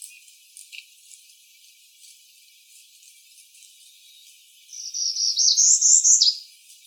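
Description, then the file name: Northern parula song, a high buzzy trill rising in pitch over about a second and a half, ending in a sharp drop, after faint scattered ticks. Recorded 27 May 2012. "NOPA Ison"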